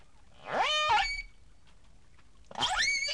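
Whale calls: two strongly harmonic, sharply upsweeping squeals, the first rising then holding steady briefly, the second following after a short pause.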